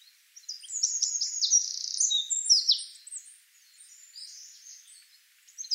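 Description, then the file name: Eurasian wren song, a rapid, loud run of high sharp notes and buzzy trills lasting about three seconds, then softer twittering. "Troglodytes troglodytes"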